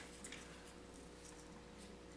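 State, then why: Not seated. A wiring harness connector is pushed back onto an ignition coil pack on a 1.8T engine during spark plug work, giving only a faint, brief tap near 0.3 s over a steady low hum. The connector does not click into place because its latch is broken.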